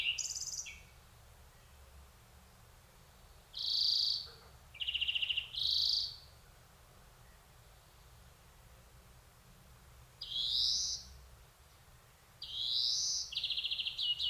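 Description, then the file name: European greenfinch uttering scattered trilled rattles and short rising buzzy notes, separated by pauses of several seconds. "Chloris chloris"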